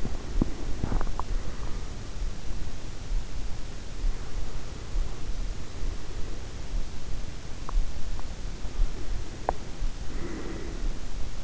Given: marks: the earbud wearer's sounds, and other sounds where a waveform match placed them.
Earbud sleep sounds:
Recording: sounds in sleep by an in-ear microphone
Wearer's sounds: teeth grinding, breath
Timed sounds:
0.00-1.47 s: teeth grinding
0.00-2.59 s: breath
3.70-7.27 s: breath
7.45-9.86 s: teeth grinding
8.57-11.43 s: breath

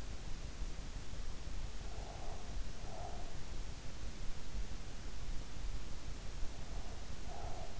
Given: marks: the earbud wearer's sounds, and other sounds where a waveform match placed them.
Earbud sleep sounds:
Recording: sounds in sleep by an in-ear microphone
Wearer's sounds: breath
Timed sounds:
1.86-3.42 s: breath
6.64-7.80 s: breath

